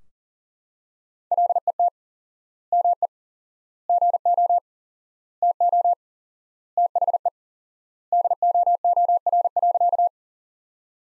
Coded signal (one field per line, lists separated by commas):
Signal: Morse code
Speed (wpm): 40 wpm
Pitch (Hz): 700 Hz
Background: none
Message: LET ME GO TO THE DOOR.